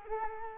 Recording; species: mosquito wingbeat signal from an infrared sensor; Culex quinquefasciatus